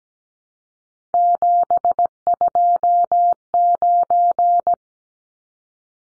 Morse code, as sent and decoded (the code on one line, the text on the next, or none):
--... ..--- ----.
729